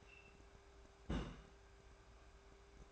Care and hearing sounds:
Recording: daily activity, microphone in the room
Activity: place on stove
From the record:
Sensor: 2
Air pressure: 1010.1 hPa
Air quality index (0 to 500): 160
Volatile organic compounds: 7 ppm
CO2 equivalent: 2008 ppm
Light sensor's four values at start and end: 42/100/45/51 and 42/100/45/51

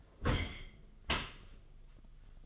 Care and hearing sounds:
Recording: daily activity, microphone in the room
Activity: close dishwasher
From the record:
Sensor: 4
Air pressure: 1005.6 hPa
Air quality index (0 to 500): 111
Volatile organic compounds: 3 ppm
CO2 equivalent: 1389 ppm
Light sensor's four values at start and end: 12/26/10/10 and 12/26/10/10

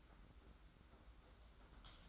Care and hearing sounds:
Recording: daily activity, microphone in the room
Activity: typing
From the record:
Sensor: 3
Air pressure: 991.7 hPa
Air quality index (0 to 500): 187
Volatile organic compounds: 1000 ppm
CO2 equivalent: 6277 ppm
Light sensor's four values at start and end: 33/96/39/33 and 33/96/39/33

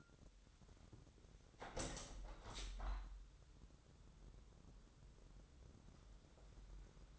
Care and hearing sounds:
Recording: daily activity, microphone in the room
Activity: open window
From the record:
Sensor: 3

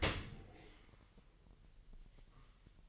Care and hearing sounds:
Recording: daily activity, microphone in the room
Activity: open dishwasher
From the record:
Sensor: 4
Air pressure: 1001.5 hPa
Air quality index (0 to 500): 248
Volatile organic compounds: 41 ppm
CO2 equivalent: 3164 ppm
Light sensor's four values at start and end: 8/18/7/6 and 8/17/7/6

